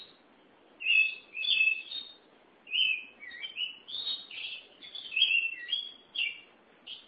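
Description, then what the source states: Oriental magpie-robin singing a lively sequence of sweet whistles and quick slurred notes, phrases flowing almost continuously after a short opening pause. Chirping song (kicauan) of the bird.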